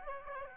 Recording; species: mosquito wingbeat signal from an infrared sensor; Aedes aegypti